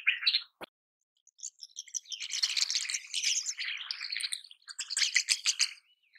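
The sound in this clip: Rosy starling song of raspy, buzzy chatter and squeaks in bursts, with a sharp click near the start.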